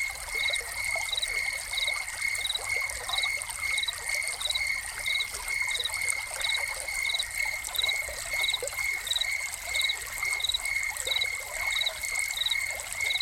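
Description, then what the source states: Cricket call of steady repeated high chirps, blended with a constant wash of falling, splashing water. Crickets heard together with a fountain, presented as a soundscape.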